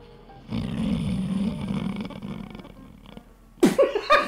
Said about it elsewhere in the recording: Just the sound of Simon snoring. You have to have that body to produce that sound. It's like a baked potato with fur.